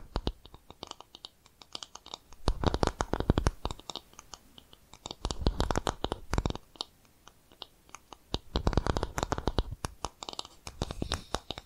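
Brisk tapping and scratching in dense bursts, loudest around 2.5–3.5, 5–6.5 and 8.5–10.5 seconds, with sparse clicks between.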